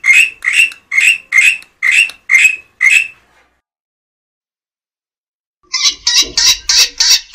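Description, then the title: Black-winged myna giving a run of seven harsh, squawky notes at a steady pace, then a pause and a quick, buzzy burst of rapid grating notes. "Jalak Putih"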